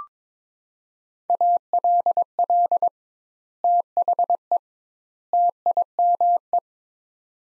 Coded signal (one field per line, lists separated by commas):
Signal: Morse code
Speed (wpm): 22 wpm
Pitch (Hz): 700 Hz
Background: none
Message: ALL THE TIME